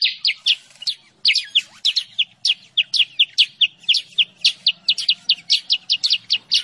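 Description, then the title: Sooty-headed bulbul singing a lively series of crisp, high chirps over a faint low background hum. Lure recording of kutilang sutra song, used for trapping or training birds. "Masteran Kutilang Sutra. suara pikat burung kutilang sutra"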